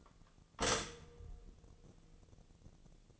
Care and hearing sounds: daily activity, microphone in the room; stop toaster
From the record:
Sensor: 4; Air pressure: 1001.0 hPa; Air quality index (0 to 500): 158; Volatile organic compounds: 2 ppm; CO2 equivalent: 1154 ppm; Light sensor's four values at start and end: 18/41/18/19 and 18/42/18/19

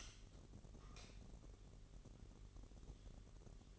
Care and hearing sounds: daily activity, microphone in the room; light off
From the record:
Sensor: 4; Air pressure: 1012.7 hPa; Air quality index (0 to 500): 248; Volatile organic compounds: 4 ppm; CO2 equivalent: 1687 ppm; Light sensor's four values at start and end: 17/44/17/19 and 15/34/14/14

